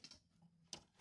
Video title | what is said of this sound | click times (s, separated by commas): Comment (presque) refaire une prise électrique de 205 (GTI) | Ah si, j'ai un petit clic, c'est bon. | 0.7 s